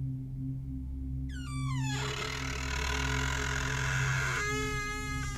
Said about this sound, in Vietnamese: Gió ngừng thổi, cánh cửa từ từ khép lại, tiếng bản lề cũ kỹ rít lên, kẽo cả kẽo kẹt.